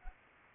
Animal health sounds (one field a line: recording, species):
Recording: mosquito wingbeat signal from an infrared sensor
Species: Anopheles arabiensis